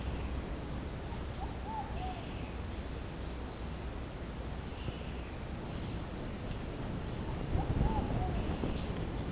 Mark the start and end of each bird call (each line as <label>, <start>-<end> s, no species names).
bird call, 1.14-2.17 s
bird call, 7.37-8.96 s